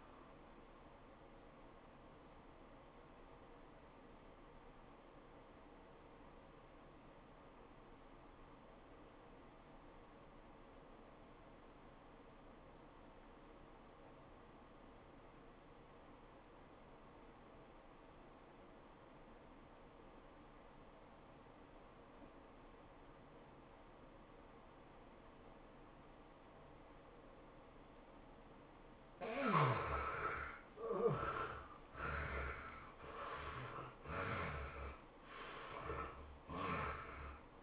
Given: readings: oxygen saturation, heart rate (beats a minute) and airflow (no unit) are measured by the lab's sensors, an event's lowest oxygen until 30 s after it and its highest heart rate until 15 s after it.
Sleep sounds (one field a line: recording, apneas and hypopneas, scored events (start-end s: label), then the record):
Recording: breathing in sleep by a voice recorder at the bedside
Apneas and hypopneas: 1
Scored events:
4.00-28.60 s: obstructive apnea (N1, oxygen 94% highest, then 71% lowest, heart rate 86 at the start, 109 highest)
16.00-37.63 s: new sleep stage, N2 (light sleep)
From the record:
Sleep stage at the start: N1 (lightest sleep)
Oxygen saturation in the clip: 72 to 94%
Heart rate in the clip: 80 to 105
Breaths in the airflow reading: 4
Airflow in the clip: -22.5 to 18.5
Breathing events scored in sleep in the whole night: 403 in 5.5 hours asleep